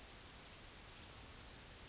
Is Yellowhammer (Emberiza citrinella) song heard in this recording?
no